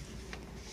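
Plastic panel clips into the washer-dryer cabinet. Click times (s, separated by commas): 0.3 s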